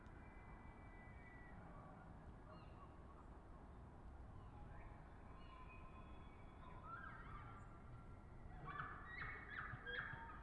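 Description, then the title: Elk bugles, high whistled tones held steadily at first, then short bright reverberant notes near the end over a steady low rumble of background noise. Distant bull elk bugling, made more musical by hillside and forest reverberation; Colockum Wildlife Area, bordering Coffin Game Reserve, last week before firearm hunting season. "Elk Bugling Bulls In The Distance"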